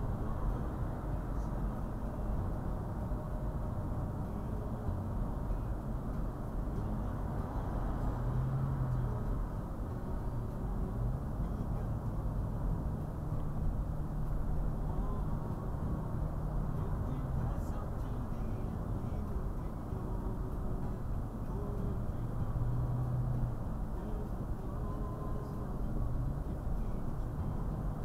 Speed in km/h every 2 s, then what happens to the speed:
63, 61, 60, 58, 58, 58, 58, 58, 58, 58, 58, 60, 56, 56.
0-28 steady at about 58.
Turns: none.